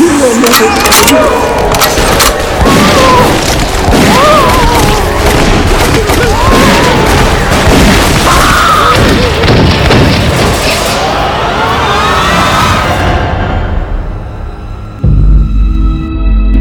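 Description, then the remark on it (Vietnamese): A rapid series of sharp gunshots from a man firing a gun cracks and booms over a dense, chaotic wash of noise with voices mixed in, loud throughout, before ending in a low rumble. “Bọn Tần Cẩm đang cãi cọ ẩm tỏi thì nghe thấy tiếng súng nổ”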